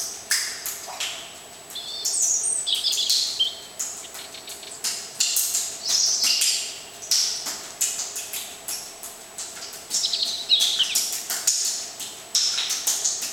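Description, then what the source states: Robin song in short high warbling phrases, repeated several times over splashing water. Recorded near a fountain.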